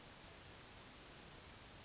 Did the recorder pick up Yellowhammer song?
no